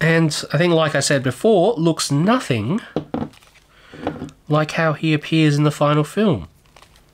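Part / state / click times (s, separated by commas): plastic action figure arm into torso shoulder joint / not seated / none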